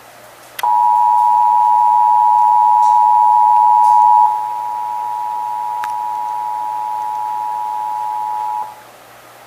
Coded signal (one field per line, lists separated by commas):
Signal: Emergency Alert System (SAME) tones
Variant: 853 and 960 Hz attention tone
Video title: (EAS #974-982) January 2026 Texas Required Monthly Test